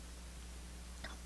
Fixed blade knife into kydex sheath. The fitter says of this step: i can push until it clicks